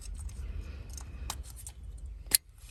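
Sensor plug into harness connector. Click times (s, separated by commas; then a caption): 2.3 s. While a starter is replaced on a 4-cylinder 2003–2007 Honda Accord, the NOx sensor's plastic plug is pushed into its harness connector. Faint handling rustles and small taps precede one sharp, bright snap at 2.4 s as the plug clicks in and seats.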